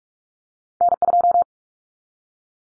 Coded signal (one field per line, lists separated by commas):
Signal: Morse code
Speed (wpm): 44 wpm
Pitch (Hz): 700 Hz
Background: none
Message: N2